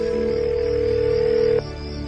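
A phone's ringing tone during a call placed at night: one steady, mid-pitched electronic beep held for about a second and a half, then cut off, leaving a low background hum. No one speaks.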